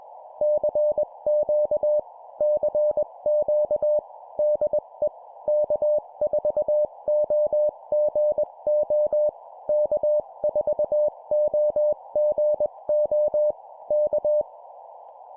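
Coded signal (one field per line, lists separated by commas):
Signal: Morse code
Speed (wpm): 21 wpm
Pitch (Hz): 600 Hz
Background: none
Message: CQ CQ DE K4OGO K4OGO K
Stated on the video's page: Sample 20 wpm CW CQ contact, a scripted demonstration of a typical exchange.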